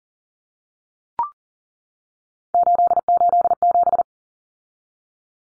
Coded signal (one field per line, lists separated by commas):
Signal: Morse code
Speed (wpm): 40 wpm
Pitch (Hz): 700 Hz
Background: none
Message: 887